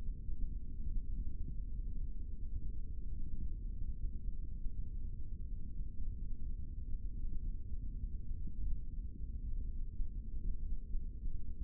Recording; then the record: forearm muscle sounds (acoustic myography)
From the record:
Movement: rest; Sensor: system 3, bracelet of six PUI Audio POM-2738L microphones around the upper forearm, with dedicated amplification and filtering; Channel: 1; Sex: male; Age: 56 years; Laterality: right